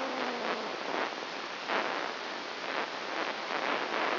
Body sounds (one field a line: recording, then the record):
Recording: brain microelectrode recording played as sound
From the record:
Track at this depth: inside the subthalamic nucleus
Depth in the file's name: 1.956 mm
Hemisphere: left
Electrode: 1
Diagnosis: Parkinson's disease